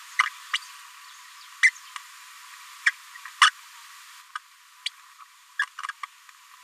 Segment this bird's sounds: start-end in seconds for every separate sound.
0.19-0.22, 0.53-0.57, 1.63-1.70, 2.86-2.91, 3.41-3.50, 4.35-4.38, 4.86-4.89, 5.59-5.65, 6.03-6.05